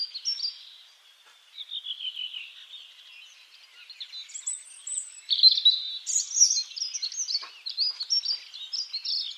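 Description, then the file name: European robin singing high, sweet warbling phrases that start quietly and grow louder and busier toward the end. "Erithacus rubecula"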